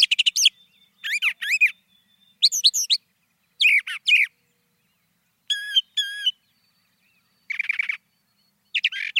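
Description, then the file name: Brown thrasher song of varied phrases, several given in pairs, including a doubled clear whistled phrase, separated by short silences. "suara-kicauan-brown-thrasher 2-omkicau"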